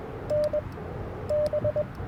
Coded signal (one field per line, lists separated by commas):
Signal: Morse code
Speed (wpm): 21 wpm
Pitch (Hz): 600 Hz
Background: radio noise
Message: NB